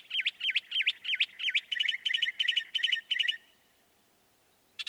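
Northern mockingbird song: a fast series of sharp V-shaped chirps, then a switch to a different rapid trilled phrase that stops abruptly.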